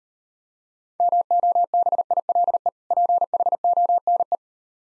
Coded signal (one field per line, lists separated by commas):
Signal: Morse code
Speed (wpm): 38 wpm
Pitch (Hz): 700 Hz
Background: none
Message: MOBILE PHONE